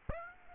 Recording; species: mosquito wingbeat signal from an infrared sensor; Aedes aegypti